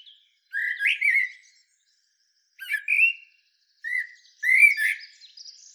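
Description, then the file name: Common blackbird singing several mellow whistled phrases with thin squeaky high notes, separated by short pauses. "Turdus merula"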